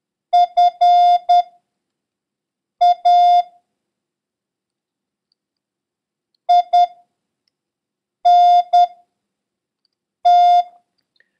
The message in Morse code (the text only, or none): FAINT